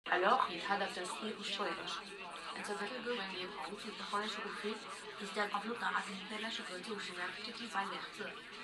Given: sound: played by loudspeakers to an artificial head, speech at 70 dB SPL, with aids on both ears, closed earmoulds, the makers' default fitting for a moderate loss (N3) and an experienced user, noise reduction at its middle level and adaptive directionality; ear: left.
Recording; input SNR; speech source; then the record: speech test signal (ISTS) in cocktail-party noise; +6 dB; on the right (90 degrees)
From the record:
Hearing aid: class 1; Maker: E